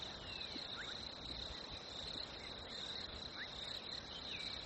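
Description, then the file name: Cricket chorus forming a constant high-pitched trill. Nature ambience of crickets, labelled fresh winter. "ATMO NATURE Fresh Winter Crickets Birds"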